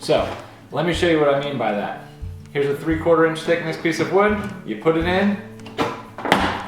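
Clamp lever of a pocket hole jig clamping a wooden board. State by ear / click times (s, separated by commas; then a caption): seated / 6.3 s. Someone talks as a 3/4 inch thick wooden board is placed into a Kreg Jig 720 pocket hole jig and its clamp lever is pushed down. The lever latches with a sharp click at 6.3 s, locking the board into place.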